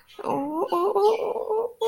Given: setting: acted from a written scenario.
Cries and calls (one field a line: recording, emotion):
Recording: vocal sound without words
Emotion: distress